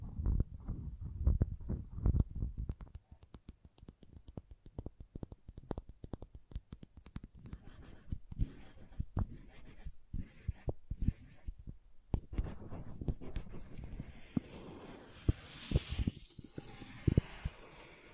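Crayons tap, scratch and scrape in quick irregular strokes, dense sharp ticks throughout, with a brighter grinding scrape rising near the end.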